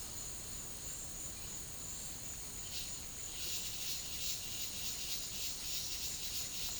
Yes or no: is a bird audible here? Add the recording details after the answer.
no. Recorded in dense forest near Puerto Asís, Putumayo, Colombia, on 18 February 2024 at 13:00. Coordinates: 0.502, -76.324. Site G6370